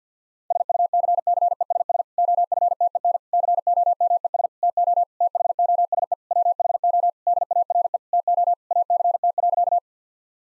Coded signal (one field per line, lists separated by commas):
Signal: Morse code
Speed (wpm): 50 wpm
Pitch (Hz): 700 Hz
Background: none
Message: SUCCESS OFTEN COMES TO THOSE WHO DARE TO ACT.